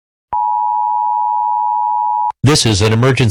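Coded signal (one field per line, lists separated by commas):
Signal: Emergency Alert System (SAME) tones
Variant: 853 and 960 Hz attention tone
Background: speech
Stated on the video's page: Fictional alert scenario.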